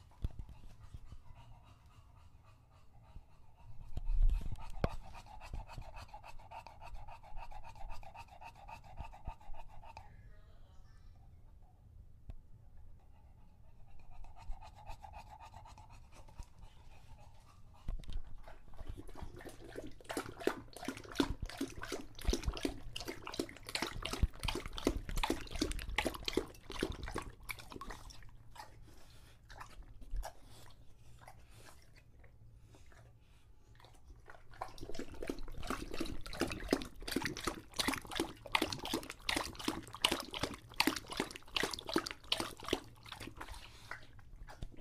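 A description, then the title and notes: An English bulldog drinks from a water bowl, with long stretches of rapid, bright lapping and slurping from about 19 to 34 seconds and again from 35 seconds on. Earlier, short bursts of snuffling and panting come and go over a low, steady hum. English Bulldog Drinks from Water Bowl. Don't let his heavy breathing fool you in between drinks, he's equally out of breath from the walk, as well as how long he tries to drink water for.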